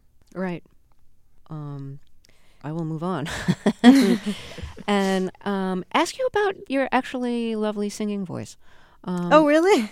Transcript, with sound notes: Right. I will move on.
(SOUNDBITE OF LAUGHTER)
And ask you about your actually lovely singing voice.
Oh, really?